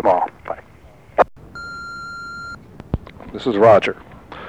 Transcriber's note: phone beeps